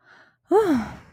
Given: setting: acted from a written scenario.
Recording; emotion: vocal sound without words; ecstasy